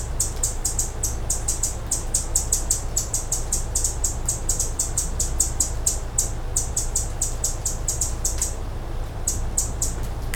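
Hummingbird giving rapid, high-pitched chirps in a quick regular series, a brief pause near the end before they resume, with a steady low background hum.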